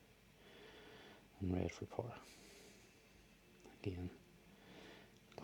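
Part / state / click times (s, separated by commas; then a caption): LED light wiring connector into the motorcycle wiring harness connector / seated / 5.4 s. Someone talks while a plastic LED light wiring connector is pushed into the wiring harness connector of a Virago motorcycle during an LED install. A short, sharp click is heard at 5.4 s as the connector seats into place.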